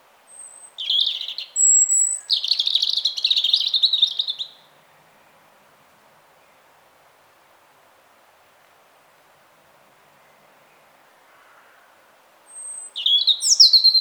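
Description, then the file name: European robin singing two short bursts of high, tinkling warbles opening with a thin whistle, then a long silence before another phrase begins. "Erithacus rubecula"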